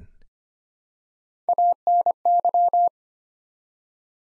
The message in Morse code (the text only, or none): ANY